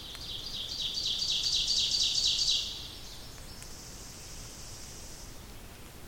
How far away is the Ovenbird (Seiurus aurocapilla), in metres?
about 40 m